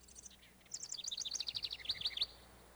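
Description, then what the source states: House Wren song: a high, tumbling, bubbling chatter of quick notes lasting about one and a half seconds. Sings in spring in the northern part of the state before migrating north to its summer home.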